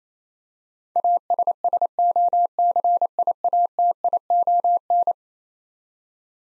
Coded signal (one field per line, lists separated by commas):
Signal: Morse code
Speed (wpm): 28 wpm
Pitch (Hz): 700 Hz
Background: none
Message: ASSOCIATION